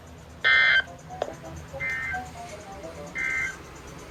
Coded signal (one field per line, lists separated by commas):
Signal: Emergency Alert System (SAME) tones